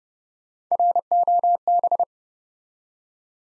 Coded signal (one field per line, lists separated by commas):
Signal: Morse code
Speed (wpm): 30 wpm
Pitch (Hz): 700 Hz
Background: none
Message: ROB